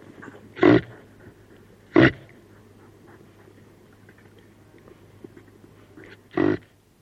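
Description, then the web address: Reindeer grunts: three short, harsh grunts, the first two about a second apart and the last after a long pause, over a faint low hum. Female reindeer. "el sonido del grunido de un reno hembra"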